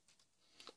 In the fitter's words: and just basically lock